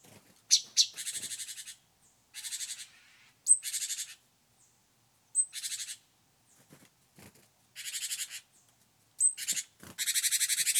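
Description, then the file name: Great tit churring calls: repeated rasping rattled chatters, several starting with a sharp high note, coming in steady bursts with brief gaps and a few soft clicks. "Parus major"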